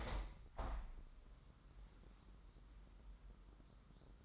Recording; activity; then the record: daily activity, microphone in the room; open window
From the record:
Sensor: 3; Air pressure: 998.5 hPa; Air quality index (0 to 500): 141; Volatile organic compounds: 4 ppm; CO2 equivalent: 1687 ppm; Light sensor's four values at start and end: 9/21/9/9 and 9/21/9/9